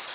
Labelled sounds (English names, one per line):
Black-throated Green Warbler flight call